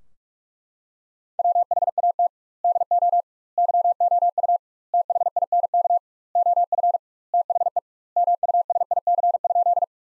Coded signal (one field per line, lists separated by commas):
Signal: Morse code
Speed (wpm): 41 wpm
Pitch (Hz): 700 Hz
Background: none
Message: WHAT DO YOU THINK OF THE MUSIC?